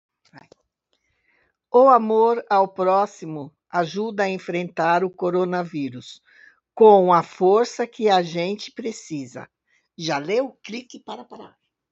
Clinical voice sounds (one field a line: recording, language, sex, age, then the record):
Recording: spoken sentence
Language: Brazilian Portuguese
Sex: female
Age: 70 to 79 years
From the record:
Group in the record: control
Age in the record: 70 years